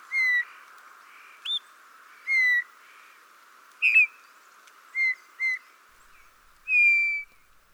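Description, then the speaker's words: Eurasian Bullfinch giving mellow, piping whistled notes, some paired, one longer note near the end, with pauses between calls and little other sound. Call of the native Central European bullfinch. "hören wir uns nun kurz den Ruf unserer heimischen Gimpel an."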